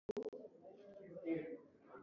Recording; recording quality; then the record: shallow breathing; poor, much background noise or distortion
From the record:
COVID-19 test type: RT-PCR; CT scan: not taken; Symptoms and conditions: cough, cold, loss of smell and taste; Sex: female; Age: 40 years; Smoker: no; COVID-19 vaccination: both doses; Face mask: worn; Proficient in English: yes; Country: India